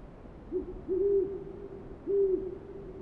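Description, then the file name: Owl hoots, low and rounded; a short note, then two louder drawn-out hoots about a second apart with faint trailing hoots. Several owls recorded on 28 February 2009. "090228-0405 owls"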